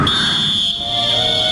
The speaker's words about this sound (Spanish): El pitazo del referí. Eso es la música.